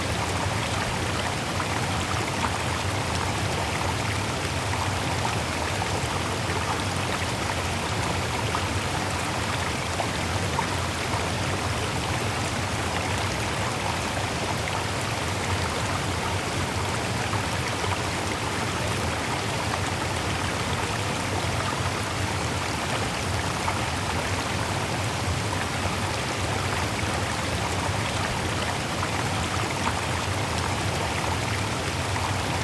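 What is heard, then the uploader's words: A waterfall roars without pause, a dense, even rush of falling water that fills everything from a low rumble up to a bright hiss. The sound holds the same level for the whole stretch, close and unbroken, with no separate events standing out. Waterfall Sounds For One Hour.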